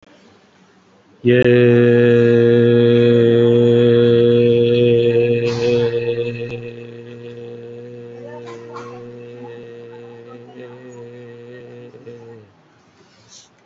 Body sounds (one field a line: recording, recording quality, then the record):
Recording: sustained vowel as in made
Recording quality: excellent, no background noise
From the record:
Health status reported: COVID-19 positive, mild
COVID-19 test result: positive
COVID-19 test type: RT-PCR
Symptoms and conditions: fever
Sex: male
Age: 52 years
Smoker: no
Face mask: worn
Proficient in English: yes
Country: India